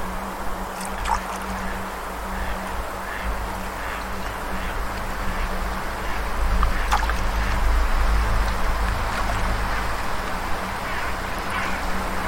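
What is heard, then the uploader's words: A dense, unbroken chorus of croaking toads fills the pond, steady, over a low droning hum and rumble that swells between about seven and nine seconds. A few brief, sharp calls cut through near the start and around seven seconds. Crow's Chorus by the Toad-Filled Pond: A Hauntingly Beautiful Ambient Soundscape.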